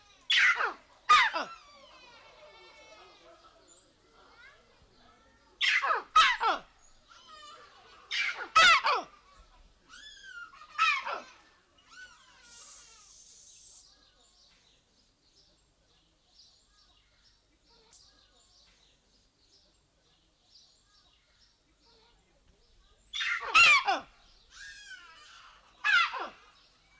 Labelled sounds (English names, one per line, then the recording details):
Collared Mangabey
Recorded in captivity
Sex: male
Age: adult
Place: Tierpark Berlin, Berlin, DE
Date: 1995-05-21 14:14
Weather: wolkig, 17°C
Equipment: Marantz CP 430, Sennheiser ME 80, Kopie Uher 4000 Report Monitor
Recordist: Tembrock, Günter
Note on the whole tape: Rotscheitelmangabe (C. t. torquatus): 2 Männchen (Alpha und anderes) - Erregungsrufe. Pferdewagen fuhr vorbei. Entfernung 1 - 8 m